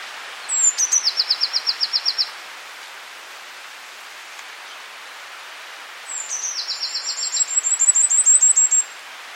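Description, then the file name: Eurasian blue tit singing two phrases: high thin introductory notes then a rapid descending-pitched trill, the second phrase longer with a high tinkling overlay, steady hiss behind. "Cyanistes caeruleus"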